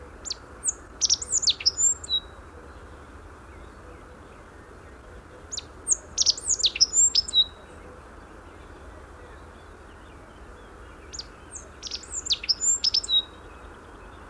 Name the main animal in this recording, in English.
Rock Bunting